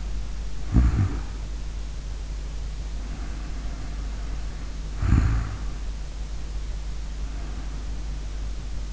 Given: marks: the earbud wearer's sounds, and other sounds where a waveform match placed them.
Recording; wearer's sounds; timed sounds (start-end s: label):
sounds in sleep by an in-ear microphone; snoring breath, breath
0.42-2.69 s: snoring breath
2.83-6.27 s: snoring breath
7.15-8.92 s: breath